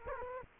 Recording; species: mosquito wingbeat signal from an infrared sensor; Culex quinquefasciatus